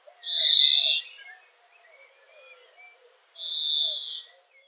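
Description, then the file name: European greenfinch with two harsh, nasal wheezes about three seconds apart, each lasting under a second, with faint twitters in between. "Chloris chloris"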